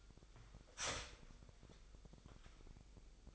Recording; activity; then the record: daily activity, microphone in the room; start toaster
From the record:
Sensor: 5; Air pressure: 1002.1 hPa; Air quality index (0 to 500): 207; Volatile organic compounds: 20 ppm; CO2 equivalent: 2676 ppm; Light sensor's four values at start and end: 33/108/41/44 and 33/108/41/43